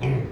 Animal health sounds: contact call of a hoofed animal; pig; closed-mouth grunt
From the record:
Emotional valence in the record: negative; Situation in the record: short social isolation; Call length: 0.32 s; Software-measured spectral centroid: 1330 Hz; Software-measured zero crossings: 690 a second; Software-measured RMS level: -24 dBFS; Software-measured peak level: -13 dBFS

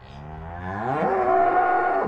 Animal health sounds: contact call of a hoofed animal; cattle; low-frequency (closed-mouth) or high-frequency (open-mouth) call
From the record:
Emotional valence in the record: negative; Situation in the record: full separation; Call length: 2.1 s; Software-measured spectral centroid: 980 Hz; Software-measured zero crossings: 1400 a second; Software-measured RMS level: -23 dBFS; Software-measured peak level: -9 dBFS

